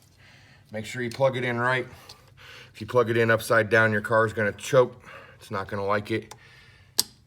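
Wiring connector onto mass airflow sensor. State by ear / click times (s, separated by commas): seated / 7.0 s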